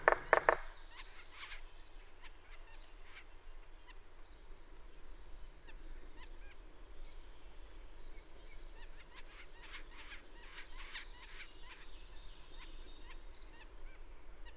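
Bird song: a high, thin whistled note repeated every second or two, with faint chips between, after a brief loud knock at the start.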